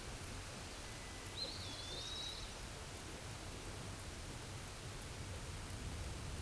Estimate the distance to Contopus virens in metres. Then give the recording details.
about 40 m. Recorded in a Pennsylvania forest on 17 May 2023 at 14:12. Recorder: AudioMoth, point grid1_41_low. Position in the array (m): 88 m, 194 m